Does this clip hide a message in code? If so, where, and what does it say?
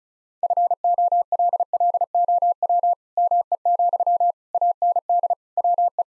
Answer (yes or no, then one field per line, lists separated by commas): yes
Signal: Morse code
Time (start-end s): 0.4-6.0 s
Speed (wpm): 36 wpm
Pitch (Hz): 700 Hz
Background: none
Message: FOLLOW ME, AND WE